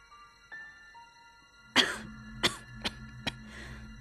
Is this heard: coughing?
yes